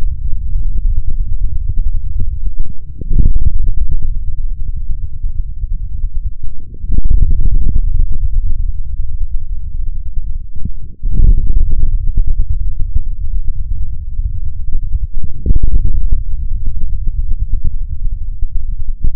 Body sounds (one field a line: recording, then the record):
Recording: forearm muscle sounds (acoustic myography)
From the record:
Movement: forearm pronation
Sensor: system 3, bracelet of six PUI Audio POM-2738L microphones around the upper forearm, with dedicated amplification and filtering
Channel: 4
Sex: male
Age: 56 years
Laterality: right